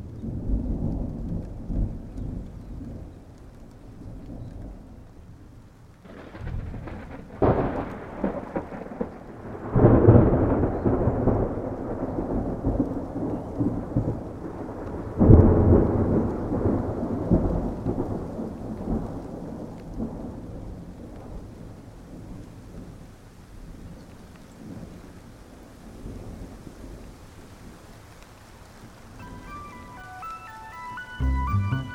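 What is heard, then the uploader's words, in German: A summer thunderstorm rumbles low, with sharp thunder cracks near 7, 10 and 15 seconds, fading into steady rain, then brief ringing tones near the end. Atmosphäre dieses kleinen Sommergewitters.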